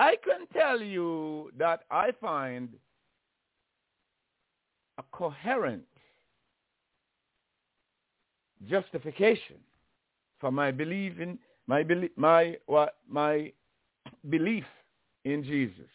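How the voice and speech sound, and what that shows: An adult man speaks in short bursts broken by silent blocks of two to three seconds, with phrase repetitions ("my belief in, my belief in my... my") and a drawn-out sound. This is stuttering, a stammer he describes as natural to him and as a limitation that also impairs his reading, with blocks and repetitions disrupting the flow of speech.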